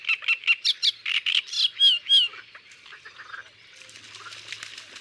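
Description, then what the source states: Great reed warbler song: harsh, throaty phrases in a quick series of croaking notes, fading into softer scratchy chatter toward the end. Isère, France.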